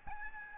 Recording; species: mosquito wingbeat signal from an infrared sensor; Aedes albopictus